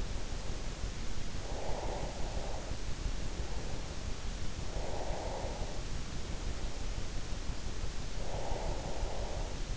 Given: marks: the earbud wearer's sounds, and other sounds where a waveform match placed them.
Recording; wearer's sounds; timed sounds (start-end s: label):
sounds in sleep by an in-ear microphone; breath
1.08-2.99 s: breath
4.77-6.03 s: breath
7.48-9.77 s: breath